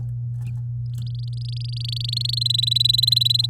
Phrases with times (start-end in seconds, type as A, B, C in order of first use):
1.01-2.39 A, 2.41-3.46 B